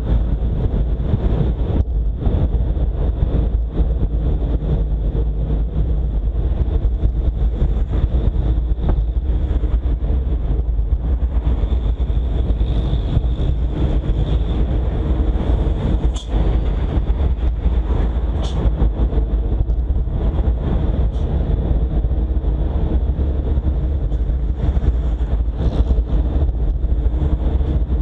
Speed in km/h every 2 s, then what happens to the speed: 46, 46, 43, 40, 37, 36, 38, 39, 40, 40, 39, 39, 40, 40.
0-8 slows to 37. 8-28 steady at about 39.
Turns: none.